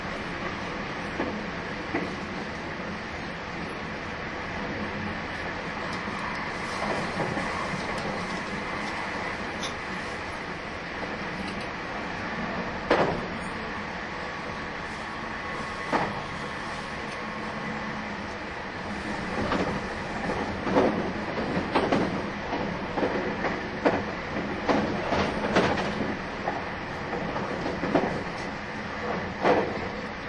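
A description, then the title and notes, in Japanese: A train runs steadily with a continuous rumbling hum, punctuated by sharp clacks and knocks, especially around 13 seconds and more often after 20. 225系 700 新快速23号 01/01:野洲～姫路。有料座席＂Aシート＂専用車両として新造された車両が225系-700です。その車両のロングラン運転となる＂新快速23号＂の列車走行音(静止画)です。収録年月:2023,12。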